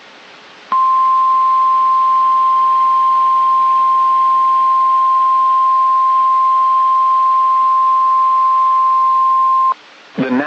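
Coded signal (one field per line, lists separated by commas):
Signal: Emergency Alert System (SAME) tones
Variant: 1050 Hz attention tone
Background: speech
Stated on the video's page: Severe Thunderstorm Warning from NOAA Weather Radio, issued by NWS Sioux Falls.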